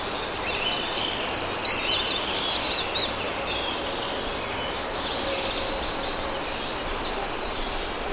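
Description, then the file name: Eurasian wren calls: a brief rapid rattle followed by several louder high chirps, then scattered faint ticks against a constant hiss. "Troglodytes troglodytes"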